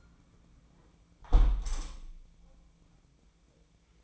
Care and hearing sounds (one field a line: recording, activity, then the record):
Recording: daily activity, microphone in the room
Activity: close window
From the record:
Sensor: 1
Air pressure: 1012.4 hPa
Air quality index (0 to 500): 169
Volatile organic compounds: 3 ppm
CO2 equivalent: 1375 ppm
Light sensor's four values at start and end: 213/486/215/236 and 213/490/216/236